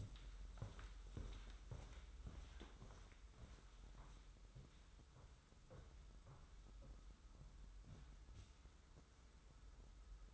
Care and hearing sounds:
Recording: daily activity, microphone in the room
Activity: walk to room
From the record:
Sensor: 3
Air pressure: 994.4 hPa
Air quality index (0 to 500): 202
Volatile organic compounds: 1000 ppm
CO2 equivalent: 6718 ppm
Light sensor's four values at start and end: 92/218/88/81 and 101/237/96/89

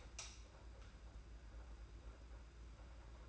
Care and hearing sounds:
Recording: daily activity, microphone in the room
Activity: light on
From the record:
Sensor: 2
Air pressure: 991.8 hPa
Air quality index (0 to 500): 228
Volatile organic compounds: 1000 ppm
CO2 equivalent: 7619 ppm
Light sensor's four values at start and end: 11/27/11/11 and 16/45/17/17

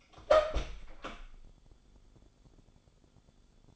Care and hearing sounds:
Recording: daily activity, microphone in the room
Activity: open door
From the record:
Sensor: 5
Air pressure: 1015.2 hPa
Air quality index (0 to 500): 209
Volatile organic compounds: 11 ppm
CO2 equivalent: 2270 ppm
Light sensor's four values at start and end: 36/81/33/32 and 36/81/33/32

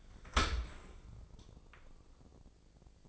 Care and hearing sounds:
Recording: daily activity, microphone in the room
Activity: open dishwasher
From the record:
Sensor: 5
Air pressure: 1012.4 hPa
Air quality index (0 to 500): 155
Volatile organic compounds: 2 ppm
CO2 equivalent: 1059 ppm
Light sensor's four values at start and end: 103/248/105/118 and 106/255/107/120

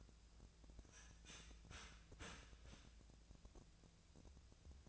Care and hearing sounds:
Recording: daily activity, microphone in the room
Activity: start toaster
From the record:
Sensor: 2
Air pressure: 1000.1 hPa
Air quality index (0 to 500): 149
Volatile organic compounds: 2 ppm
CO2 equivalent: 1263 ppm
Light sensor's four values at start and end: 25/64/27/29 and 25/64/27/29

